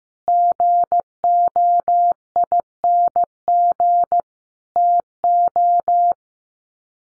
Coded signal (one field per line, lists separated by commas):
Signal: Morse code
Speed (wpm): 15 wpm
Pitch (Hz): 700 Hz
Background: none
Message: GOING TO